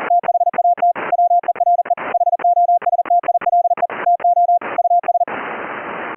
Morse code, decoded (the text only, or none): THAT WERE HOSTILE TO US